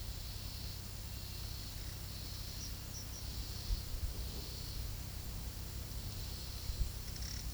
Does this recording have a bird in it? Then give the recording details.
no. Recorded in pastures near Puerto Asís, Putumayo, Colombia, on 19 February 2024 at 12:00. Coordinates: 0.486, -76.323. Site G6462